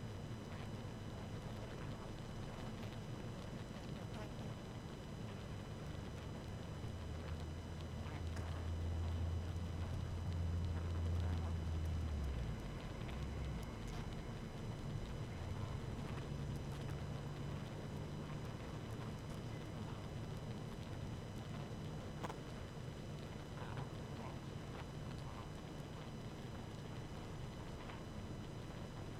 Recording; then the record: honeybee colony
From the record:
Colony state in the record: active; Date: 12 June 2018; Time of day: 18:46